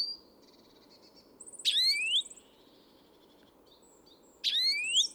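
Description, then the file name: European greenfinch calls: two bursts of sharp sweeping notes, with fainter high notes before and between them over a continuous low hiss. "Chloris chloris"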